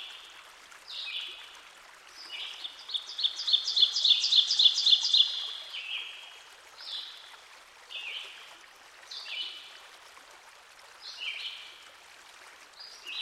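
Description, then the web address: Ovenbird song: a run of rapid, bright repeated notes growing louder over about two seconds, amid another bird's slurred, falling two-part phrases repeated roughly every two seconds. Recorded by a stream. "Dan Gibson Songbirds By The Stream. Ovenbird"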